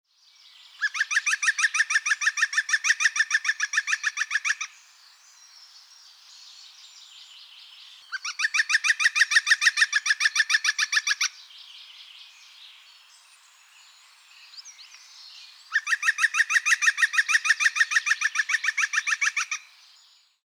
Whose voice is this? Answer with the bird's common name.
European Green Woodpecker